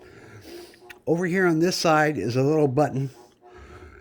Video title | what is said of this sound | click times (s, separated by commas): Lee ACP upgrade kit | clicks into place | 0.9 s